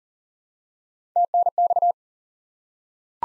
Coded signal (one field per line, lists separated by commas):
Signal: Morse code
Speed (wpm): 40 wpm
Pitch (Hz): 700 Hz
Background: none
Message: TNX